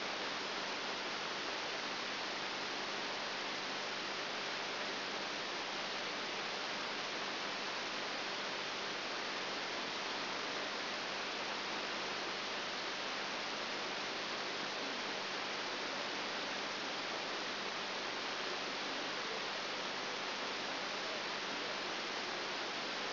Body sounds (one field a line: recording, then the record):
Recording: brain microelectrode recording played as sound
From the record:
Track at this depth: outside the subthalamic nucleus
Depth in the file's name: 0.506 mm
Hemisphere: left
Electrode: 3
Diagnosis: Parkinson's disease